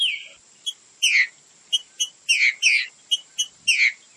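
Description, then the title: Green-winged saltator giving a whistled note, then short sharp chips mixed with brief buzzy descending bursts. Classic song style used for training singing birds. "Canto Clássico Trinca Ferro TREINAMENTO"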